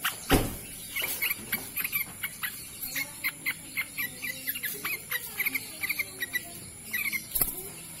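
Bird chirps repeated quickly in an uneven series after an opening thump, with another sharp knock near the end and steady high hiss behind.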